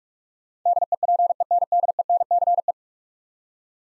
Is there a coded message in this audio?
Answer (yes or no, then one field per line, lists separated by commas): yes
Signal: Morse code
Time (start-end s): 0.7-2.7 s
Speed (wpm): 44 wpm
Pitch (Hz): 700 Hz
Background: none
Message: DEPENDENCE